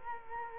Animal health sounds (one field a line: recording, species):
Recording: mosquito wingbeat signal from an infrared sensor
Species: Culex quinquefasciatus